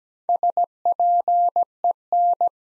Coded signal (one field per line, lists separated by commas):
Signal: Morse code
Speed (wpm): 17 wpm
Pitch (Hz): 700 Hz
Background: none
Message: SPEN